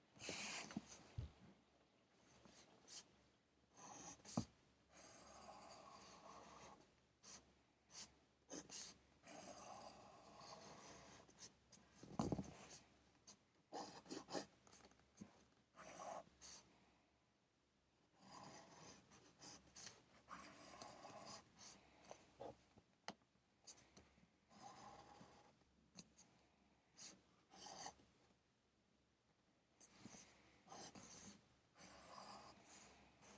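Pencil writing on paper while studying, with scratchy strokes that come in irregular bursts, some short and sharp, others drawn out for a second or two. Brief pauses fall between them, and a faint steady hiss sits underneath throughout.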